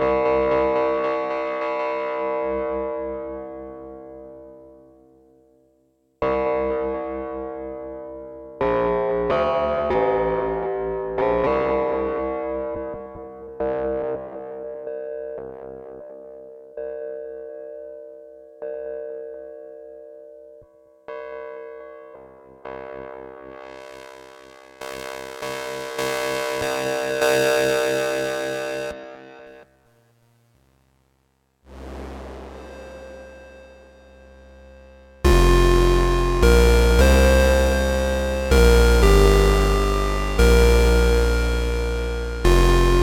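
Synthesizer tones from oscillators and filters, sounded as separate held notes that start sharply and fade, with short gaps between them. Some notes are hollow and steady, others sweep brighter and buzzier. A dense, harsh, clangorous tone with quick stepping pitches takes over near the end.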